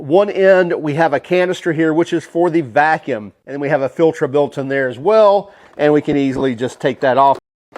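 Someone talks about the plastic vacuum canister, with its built-in filter, on one end of a Craftsman 20V cordless 3-in-1 inflator/blower/vacuum while the canister is handled. The canister has not yet locked back into the body and nothing has seated or clicked by the end of the clip.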